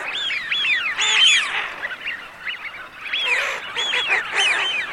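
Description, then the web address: Eurasian wigeon whistles: many overlapping rising-then-falling whistled notes from several birds, coming in bursts with brief quieter gaps. Filtered. "FILTERED FISCHIONE"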